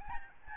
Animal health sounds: mosquito wingbeat signal from an infrared sensor; Aedes albopictus

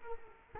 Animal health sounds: mosquito wingbeat signal from an infrared sensor; Culex quinquefasciatus

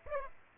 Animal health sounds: mosquito wingbeat signal from an infrared sensor; Aedes aegypti

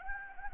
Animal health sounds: mosquito wingbeat signal from an infrared sensor; Anopheles gambiae

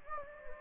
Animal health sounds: mosquito wingbeat signal from an infrared sensor; Anopheles gambiae

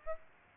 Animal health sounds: mosquito wingbeat signal from an infrared sensor; Aedes aegypti

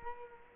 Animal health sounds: mosquito wingbeat signal from an infrared sensor; Culex quinquefasciatus

